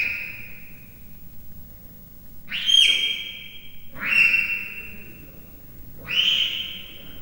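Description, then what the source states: Leopard cub chirping: four high, falling squeaky chirps, the first trailing off at the start, the rest a second or two apart, each trailing off, over faint low hum. Three-month-old leopard cub chirping, recorded at Miskolc Zoo, Hungary, 2009.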